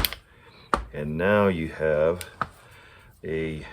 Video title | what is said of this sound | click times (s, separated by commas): Craftsman Breast Drill, AND IT LOOKS ROUGH! | and it will lock into place | 0.7 s